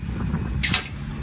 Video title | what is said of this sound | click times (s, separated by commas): Taking a double set to Carlin Nevada over the salt flats 🧂🧂🧂🥨🥨🚛🚛❄️ | you heard a click right there so my now I have two safeties on that hitch | 0.7 s